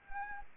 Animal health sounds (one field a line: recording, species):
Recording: mosquito wingbeat signal from an infrared sensor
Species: Anopheles arabiensis